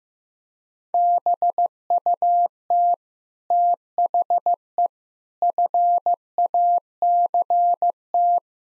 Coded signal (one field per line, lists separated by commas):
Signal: Morse code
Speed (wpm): 15 wpm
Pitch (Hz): 700 Hz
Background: none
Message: BUT THE FACT